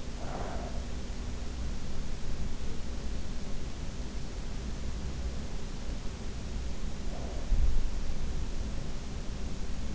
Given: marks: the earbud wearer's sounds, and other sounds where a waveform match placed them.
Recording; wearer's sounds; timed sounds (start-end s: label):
sounds in sleep by an in-ear microphone; breath
0.00-1.13 s: breath